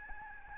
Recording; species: mosquito wingbeat signal from an infrared sensor; Aedes albopictus